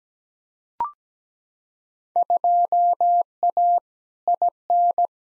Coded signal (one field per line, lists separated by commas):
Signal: Morse code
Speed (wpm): 17 wpm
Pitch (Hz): 700 Hz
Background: none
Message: 2A IN